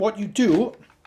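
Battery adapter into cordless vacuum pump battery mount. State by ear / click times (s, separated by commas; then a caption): not seated / none. A tool-battery adapter, made to stay secure with a click instead of screws, is being handled at the battery mount of a cordless vacuum pump while someone talks. A brief faint tick comes at 1.1 s, but nothing has seated or clicked yet.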